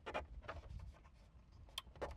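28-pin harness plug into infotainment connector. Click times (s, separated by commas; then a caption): 1.8 s. A white 28-pin wiring harness plug is pushed into its connector behind the infotainment unit of a Toyota RAV4, with a Beat Sonic audio system. After some low rubbing and handling noise, a sharp, bright snap rings out at 1.8 s as the plug seats. A few softer handling sounds follow.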